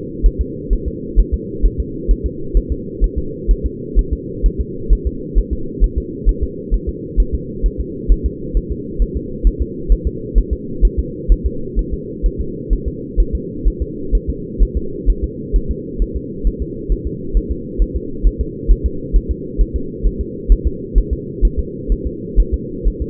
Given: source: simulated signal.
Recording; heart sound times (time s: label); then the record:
fetal heart sounds
0.26 s: S1
0.41 s: S2
0.73 s: S1
0.88 s: S2
1.20 s: S1
1.34 s: S2
1.66 s: S1
1.80 s: S2
2.11 s: S1
2.26 s: S2
2.57 s: S1
2.72 s: S2
3.04 s: S1
3.18 s: S2
3.51 s: S1
3.66 s: S2
3.99 s: S1
4.13 s: S2
4.46 s: S1
4.60 s: S2
4.93 s: S1
5.07 s: S2
5.38 s: S1
5.53 s: S2
5.84 s: S1
5.98 s: S2
6.29 s: S1
6.43 s: S2
6.74 s: S1
6.89 s: S2
7.20 s: S1
7.34 s: S2
7.66 s: S1
7.80 s: S2
8.12 s: S1
8.26 s: S2
8.57 s: S1
8.72 s: S2
9.02 s: S1
9.17 s: S2
9.47 s: S1
9.62 s: S2
9.92 s: S1
10.07 s: S2
10.38 s: S1
10.53 s: S2
10.85 s: S1
10.99 s: S2
11.32 s: S1
11.46 s: S2
11.79 s: S1
11.94 s: S2
12.26 s: S1
12.41 s: S2
12.73 s: S1
12.88 s: S2
13.20 s: S1
13.35 s: S2
13.68 s: S1
13.82 s: S2
14.15 s: S1
14.29 s: S2
14.62 s: S1
14.77 s: S2
15.10 s: S1
15.24 s: S2
15.56 s: S1
15.71 s: S2
16.02 s: S1
16.16 s: S2
16.47 s: S1
16.62 s: S2
16.92 s: S1
17.07 s: S2
17.37 s: S1
17.51 s: S2
17.82 s: S1
17.96 s: S2
18.27 s: S1
18.41 s: S2
18.72 s: S1
18.86 s: S2
19.16 s: S1
19.31 s: S2
19.61 s: S1
19.76 s: S2
20.07 s: S1
20.21 s: S2
20.52 s: S1
20.67 s: S2
20.98 s: S1
21.13 s: S2
21.45 s: S1
21.59 s: S2
21.92 s: S1
22.06 s: S2
22.40 s: S1
22.54 s: S2
22.88 s: S1
23.02 s: S2
From the record:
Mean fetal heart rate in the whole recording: 130 bpm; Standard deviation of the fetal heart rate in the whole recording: 2 bpm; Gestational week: 36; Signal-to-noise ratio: -4.3 dB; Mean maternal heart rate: 72 bpm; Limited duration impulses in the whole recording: absent